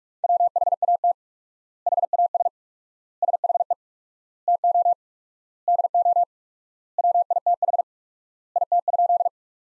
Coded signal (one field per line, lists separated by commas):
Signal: Morse code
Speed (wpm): 41 wpm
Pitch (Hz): 700 Hz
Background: none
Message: WHAT HAS SHE TO DO WITH IT?